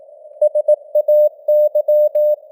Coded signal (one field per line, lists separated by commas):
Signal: Morse code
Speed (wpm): 18 wpm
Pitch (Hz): 600 Hz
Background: none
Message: SAY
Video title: Morse Code News | 2025-12-12 | 18wpm